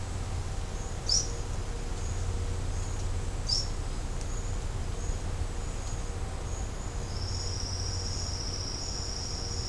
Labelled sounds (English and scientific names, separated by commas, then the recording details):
none
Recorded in secondary vegetation near Puerto Asís, Putumayo, Colombia, on 20 December 2024 at 12:00
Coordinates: 0.502, -76.326
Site G028